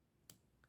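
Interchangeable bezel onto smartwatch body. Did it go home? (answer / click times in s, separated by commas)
yes / 0.3 s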